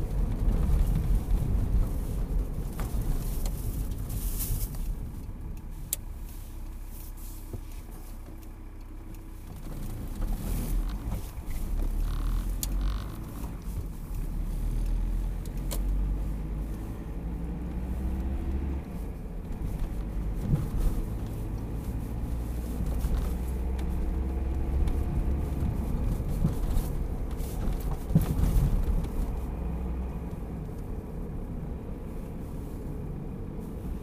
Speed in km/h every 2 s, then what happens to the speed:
47, 31, 16, 5, 6, 9, 14, 22, 29, 35, 39, 44, 48, 48, 46, 44, 41.
0-6 brakes to 5. 6-23 speeds up to 48. 27-34 slows to 41.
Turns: 7-12.